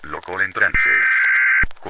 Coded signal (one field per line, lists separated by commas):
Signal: Emergency Alert System (SAME) tones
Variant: header bursts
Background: speech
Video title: Reflections, a short EAS scenario (Read description)